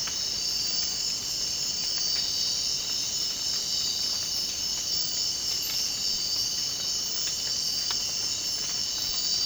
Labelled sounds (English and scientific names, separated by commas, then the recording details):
none
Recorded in dense forest near Puerto Asís, Putumayo, Colombia, on 25 June 2025 at 04:30
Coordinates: 0.499, -76.324
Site G100